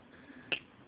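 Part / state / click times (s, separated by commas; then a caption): PROM chip into its carrier for an engine control module / seated / 0.5 s. A PROM chip is pushed straight into its plastic carrier for a 7170 engine control module. Over faint low background noise, a single short, sharp click sounds at 0.5 s as the pins snap into place. The chip is seated in the carrier.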